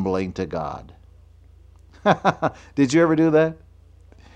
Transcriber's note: chuckle